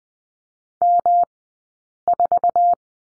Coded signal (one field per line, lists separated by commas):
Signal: Morse code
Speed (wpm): 20 wpm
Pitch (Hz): 700 Hz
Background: none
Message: M4